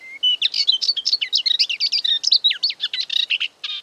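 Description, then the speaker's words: Moustached Warbler song: a fast, varied chatter of high notes running almost continuously. "Тонкоклювая камышовка пела."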